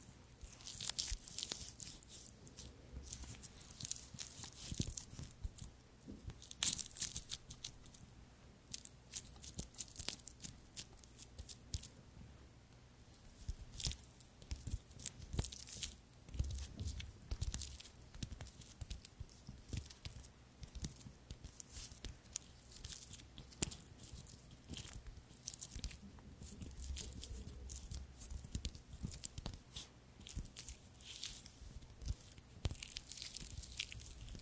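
Hands work through creamy products in a steady massage, producing dense, wet, sticky crackles and squelches that come in quick bursts throughout. A low, even hum runs underneath, and the rubbing swells louder around the middle and again near the end.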